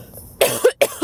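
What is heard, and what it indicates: Two quick, harsh coughs from an adult woman breaking into her speech. She has a cold caught the week before and sounds a little congested.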